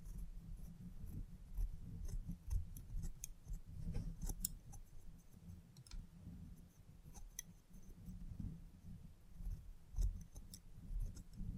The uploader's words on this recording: ASMR Relaxing Salon Haircut Head Massage, Scissors and Clipper(No Talking).